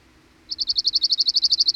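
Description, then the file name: Cirl bunting trill starting after a short pause: rapid identical high notes repeated evenly, the phrase still running when the sound ends. "Cirl Bunting (Emberiza cirlus)"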